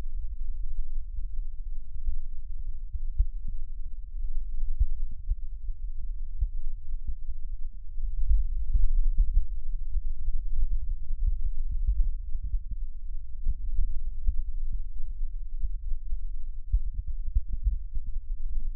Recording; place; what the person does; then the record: lung sounds by stethoscope; right posterior basal chest; quiet breathing, then deep breathing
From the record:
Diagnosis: COPD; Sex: female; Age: 65 years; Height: 156 cm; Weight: 63.9 kg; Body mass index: 26.3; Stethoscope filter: bell mode